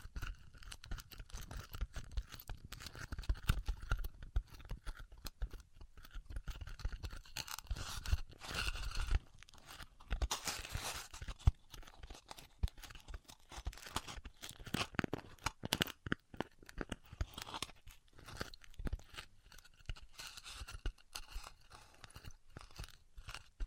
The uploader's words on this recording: ASMR Styrofoam Heat Cutting (No Talking).